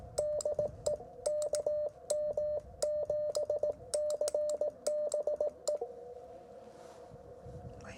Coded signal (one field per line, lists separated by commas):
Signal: Morse code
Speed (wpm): 18 wpm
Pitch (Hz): 600 Hz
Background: speech, radio noise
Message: DE KM7CBE